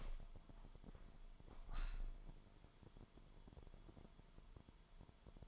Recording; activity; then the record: daily activity, microphone in the room; open window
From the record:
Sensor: 5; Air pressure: 998.0 hPa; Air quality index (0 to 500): 99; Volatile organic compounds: 2 ppm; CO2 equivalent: 1128 ppm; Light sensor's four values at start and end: 27/64/27/29 and 27/64/27/29